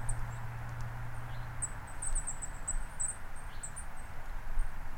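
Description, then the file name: Golden-crowned kinglet calls: a rapid string of very high, thin, lisping notes, loosest at first then a dense run midway, over constant low-pitched rumbling noise. "Golden crowned Kinglet Regulus satrapa"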